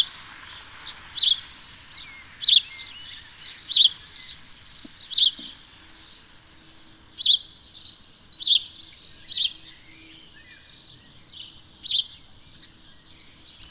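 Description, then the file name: House sparrow chirping, sharp bright chirps repeated every second or so, with a pause midway. "Passer domesticus"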